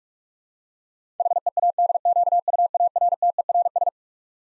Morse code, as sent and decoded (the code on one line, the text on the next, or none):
.... . .- -.. --.- ..- .- .-. - . .-. ...
HEADQUARTERS